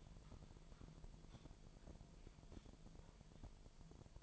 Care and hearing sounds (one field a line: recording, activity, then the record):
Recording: daily activity, microphone in the room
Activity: typing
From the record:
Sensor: 5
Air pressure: 1002.1 hPa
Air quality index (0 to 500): 228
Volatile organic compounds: 30 ppm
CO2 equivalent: 2960 ppm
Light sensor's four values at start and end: 10/23/9/10 and 10/23/9/10